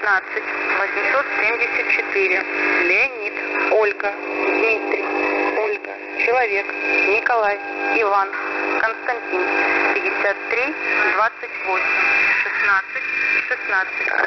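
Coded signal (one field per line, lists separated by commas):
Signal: coded military voice message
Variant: The Pip, Russian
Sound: male Russian voice reading numbers and phonetic-alphabet names over a noisy single-sideband channel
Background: radio static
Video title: The Pip sub FRQ Voice Message February 26, 2021 11:39 UTC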